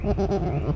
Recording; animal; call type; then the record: contact call of a hoofed animal; goat; low-frequency (closed-mouth) or high-frequency (open-mouth) call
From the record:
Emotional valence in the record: negative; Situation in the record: short social isolation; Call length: 0.76 s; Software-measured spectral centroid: 1310 Hz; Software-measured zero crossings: 550 a second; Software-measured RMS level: -24 dBFS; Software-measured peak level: -11 dBFS